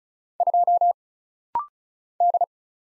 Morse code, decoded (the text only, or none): 2 D